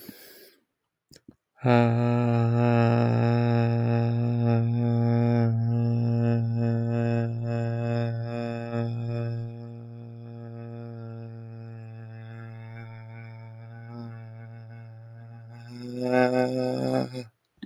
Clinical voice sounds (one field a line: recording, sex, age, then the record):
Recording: vowel held as long as possible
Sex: male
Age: 20 to 29 years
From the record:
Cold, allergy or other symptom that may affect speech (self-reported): no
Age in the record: 28 years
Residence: California, United States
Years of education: 16